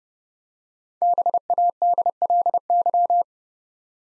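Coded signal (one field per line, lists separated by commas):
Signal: Morse code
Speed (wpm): 30 wpm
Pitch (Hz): 700 Hz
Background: none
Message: BADLY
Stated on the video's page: Morse drill at 30 wpm of 5-letter words, each sent, spoken, then sent again.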